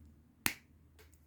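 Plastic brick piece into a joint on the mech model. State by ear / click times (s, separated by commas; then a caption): seated / 0.5 s. A plastic brick piece is pressed into a joint on a mech model and gives one sharp snap at 0.5 s, with a much fainter click around 1.1 s. The piece is seated in the joint.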